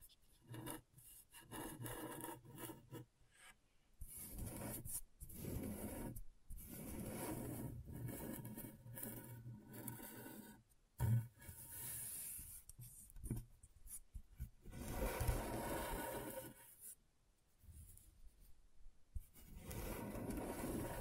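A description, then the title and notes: A tool scratches across scratchboard in bursts of rough, raspy strokes, some short and quick, others drawn out for a second or two, separated by brief silences. A sharp tap stands out around the eleven-second mark, and the scratching grows denser toward the end. ASMR Brain Tingling Scratchboard (No Talking).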